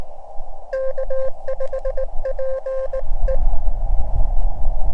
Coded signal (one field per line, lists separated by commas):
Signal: Morse code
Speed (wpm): 18 wpm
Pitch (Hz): 530 Hz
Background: none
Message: K5PE